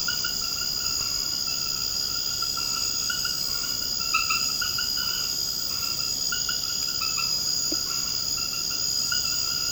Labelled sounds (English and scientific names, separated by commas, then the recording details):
none
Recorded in secondary vegetation near Puerto Asís, Putumayo, Colombia, on 21 March 2025 at 22:30
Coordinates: 0.488, -76.319
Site G095